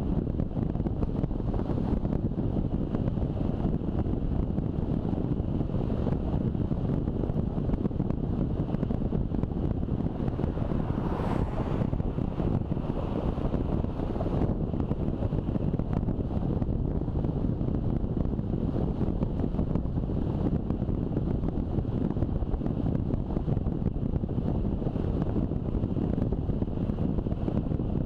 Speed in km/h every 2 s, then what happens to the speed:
32, 32, 33, 33, 31, 30, 29, 30, 30, 31, 31, 30, 29, 29.
0-28 steady at about 30.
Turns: none.